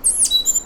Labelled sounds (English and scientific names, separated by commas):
Stitchbird (Notiomystis cincta) song